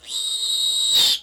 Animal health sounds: pig call; piglet (1 to 25 days)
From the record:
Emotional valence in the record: negative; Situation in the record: restrain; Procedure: sham castration, fixation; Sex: male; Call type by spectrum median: high-frequency call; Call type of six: high-frequency modulated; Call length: 1.23 s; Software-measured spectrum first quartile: 3762 Hz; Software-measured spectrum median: 4317 Hz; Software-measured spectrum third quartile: 6811 Hz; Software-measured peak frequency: 3804 Hz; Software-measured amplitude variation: 114 dB a second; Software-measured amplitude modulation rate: 24.8 a second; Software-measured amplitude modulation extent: 4.6 dB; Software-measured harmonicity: 9.8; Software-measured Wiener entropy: -3.94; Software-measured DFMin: 1087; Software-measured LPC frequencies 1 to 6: 864, 1927, 3769, 4590, 7566, 8034 Hz

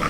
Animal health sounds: pig call; piglet (1 to 25 days)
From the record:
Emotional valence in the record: positive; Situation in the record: reunion after long isolation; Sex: male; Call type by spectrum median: low-frequency call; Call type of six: low-frequency tonal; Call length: 0.10 s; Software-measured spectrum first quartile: 271 Hz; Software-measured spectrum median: 1045 Hz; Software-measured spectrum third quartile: 1552 Hz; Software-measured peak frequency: 1213 Hz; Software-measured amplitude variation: 119 dB a second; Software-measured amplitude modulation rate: 14.9 a second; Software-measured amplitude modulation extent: 8.0 dB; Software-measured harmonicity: 0.4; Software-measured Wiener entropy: -1.01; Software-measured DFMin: 1018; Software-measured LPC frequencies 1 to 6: 1259, 2007, 3243, 4168, 4976, 5583 Hz

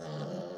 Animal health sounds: pig call; piglet (1 to 25 days)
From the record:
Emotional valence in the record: negative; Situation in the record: long isolation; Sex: female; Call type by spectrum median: low-frequency call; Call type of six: low-frequency stable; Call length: 0.58 s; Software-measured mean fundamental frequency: 74 Hz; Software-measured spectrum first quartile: 203 Hz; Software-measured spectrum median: 441 Hz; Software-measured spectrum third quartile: 750 Hz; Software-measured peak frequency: 178 Hz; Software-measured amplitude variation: 91 dB a second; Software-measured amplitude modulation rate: 24.1 a second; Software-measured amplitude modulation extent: 3.8 dB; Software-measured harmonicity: 1.6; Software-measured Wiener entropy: -0.19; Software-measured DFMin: 1102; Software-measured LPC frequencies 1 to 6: 516, 3104, 4398, 5211, 9282, 10338 Hz

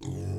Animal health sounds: pig call; weaner (32 to 43 days)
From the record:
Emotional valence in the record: negative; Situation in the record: negative conditioning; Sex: female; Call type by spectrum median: low-frequency call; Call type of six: low-frequency stable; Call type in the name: low-frequency stable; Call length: 0.39 s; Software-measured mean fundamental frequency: 43 Hz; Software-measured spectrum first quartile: 107 Hz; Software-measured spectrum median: 197 Hz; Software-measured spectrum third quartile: 565 Hz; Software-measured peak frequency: 119 Hz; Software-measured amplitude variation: 145 dB a second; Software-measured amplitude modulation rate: 33.5 a second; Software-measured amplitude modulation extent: 4.3 dB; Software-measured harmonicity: 2.9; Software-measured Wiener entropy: -0.67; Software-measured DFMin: 744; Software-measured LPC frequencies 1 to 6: 2237, 3468, 5237, 5986, 6746, 7525 Hz

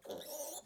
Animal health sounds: pig call; piglet (1 to 25 days)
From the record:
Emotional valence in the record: negative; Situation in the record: restrain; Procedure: back test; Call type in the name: high-frequency call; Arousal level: low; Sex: male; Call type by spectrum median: high-frequency call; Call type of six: high-frequency stable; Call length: 0.66 s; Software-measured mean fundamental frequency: 275 Hz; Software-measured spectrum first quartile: 576 Hz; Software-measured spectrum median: 3267 Hz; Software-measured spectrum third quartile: 8214 Hz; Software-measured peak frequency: 576 Hz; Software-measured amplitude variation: 166 dB a second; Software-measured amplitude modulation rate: 18.9 a second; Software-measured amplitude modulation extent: 8.8 dB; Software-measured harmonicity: 3.6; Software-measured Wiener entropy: -2.79

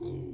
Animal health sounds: pig call; weaner (32 to 43 days)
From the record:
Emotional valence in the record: positive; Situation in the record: positive conditioning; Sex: female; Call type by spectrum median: low-frequency call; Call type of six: low-frequency stable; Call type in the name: low-frequency stable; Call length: 0.33 s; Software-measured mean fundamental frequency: 70 Hz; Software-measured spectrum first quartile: 145 Hz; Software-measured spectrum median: 301 Hz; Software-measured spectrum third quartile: 431 Hz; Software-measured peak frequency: 348 Hz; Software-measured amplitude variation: 93 dB a second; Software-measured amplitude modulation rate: 27.0 a second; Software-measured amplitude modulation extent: 3.4 dB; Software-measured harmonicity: 5.0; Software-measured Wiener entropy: -0.13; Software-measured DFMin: 1442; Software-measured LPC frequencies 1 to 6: 342, 2288, 3663, 4678, 6167, 7375 Hz

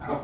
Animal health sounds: pig call; growing-finishing pig (85 days or more)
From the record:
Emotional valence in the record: positive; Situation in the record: run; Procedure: transit

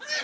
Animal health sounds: pig call; piglet (1 to 25 days)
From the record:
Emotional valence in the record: negative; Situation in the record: fighting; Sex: male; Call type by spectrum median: high-frequency call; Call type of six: high-frequency stable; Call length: 0.24 s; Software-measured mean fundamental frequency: 268 Hz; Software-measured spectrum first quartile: 1714 Hz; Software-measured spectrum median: 2979 Hz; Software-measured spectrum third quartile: 4971 Hz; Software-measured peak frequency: 1822 Hz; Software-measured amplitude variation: 119 dB a second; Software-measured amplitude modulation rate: 14.8 a second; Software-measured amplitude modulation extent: 8.0 dB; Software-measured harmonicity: 4.7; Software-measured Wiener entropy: -1.72

